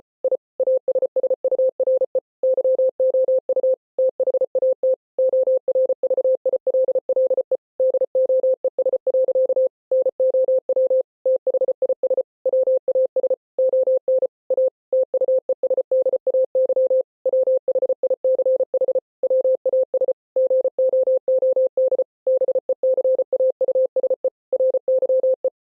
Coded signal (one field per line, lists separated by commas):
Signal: Morse code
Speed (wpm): 33 wpm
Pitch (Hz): 520 Hz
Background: none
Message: I ASSURE YOU THAT ORVILLE DOES. NOW THIS WAS ON A TUESDAY WHICH WAS GOOD BECAUSE RYE